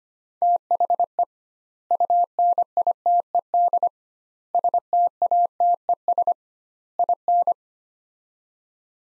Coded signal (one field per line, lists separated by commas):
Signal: Morse code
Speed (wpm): 25 wpm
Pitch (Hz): 700 Hz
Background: none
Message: THE UNITED STATES IN